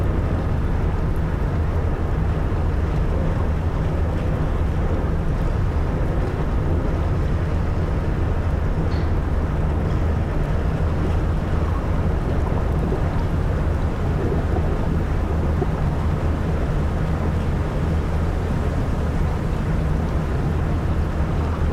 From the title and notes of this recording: The Frozen Arctic Ocean Icebreaker. Navigating the frozen Baltic seas near Magical Lapland, Finland. The resonant hum of the ship's engines as they meticulously power through icy waters.